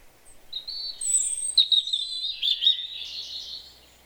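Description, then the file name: European robin delivering one long liquid warbling phrase of high thin notes and trills, fading at the end over faint background hiss. "Erithacus rubecula"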